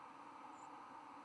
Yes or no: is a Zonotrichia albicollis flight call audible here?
yes